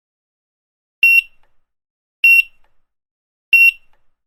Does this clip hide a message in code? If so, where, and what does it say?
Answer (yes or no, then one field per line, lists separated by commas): no